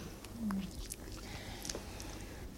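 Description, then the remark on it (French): Someone chews a sugar-coated fruit candy: soft, moist squishing with a few sharp little clicks and crackles scattered over a couple of seconds, fairly quiet against a low background hum. “On l'écrase une fois, on l'avale et c'est terminé.”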